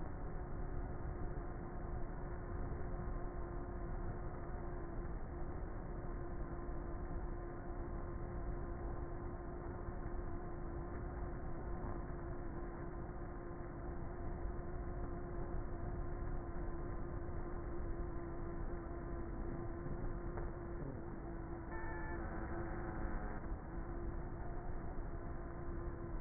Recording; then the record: honeybee colony, microphone inside the hive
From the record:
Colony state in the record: queenless with a low population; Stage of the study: before two queens were removed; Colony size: about 30,000 bees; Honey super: no